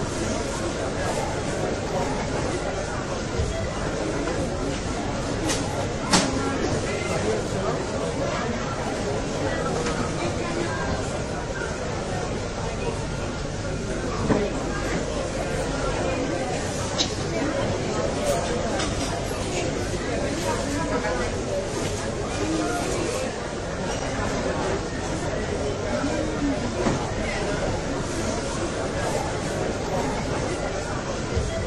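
A café full of overlapping conversation, voices blending into a steady, dense murmur with no single speaker standing out. The level stays even throughout, with brief sharp clinks and knocks, like cups or cutlery, around 6, 14, 17 and 27 seconds.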